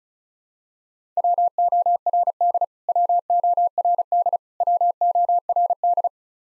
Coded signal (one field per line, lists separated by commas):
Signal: Morse code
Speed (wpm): 36 wpm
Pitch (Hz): 700 Hz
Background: none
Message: WORD WORD WORD